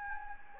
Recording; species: mosquito wingbeat signal from an infrared sensor; Anopheles gambiae